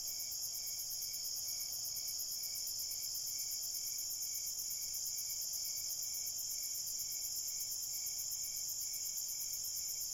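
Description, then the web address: Crickets calling in a shrill continuous trill, with a lower, regular series of chirps. Crickets at night in a cornfield. "crickets night cornfield shaker"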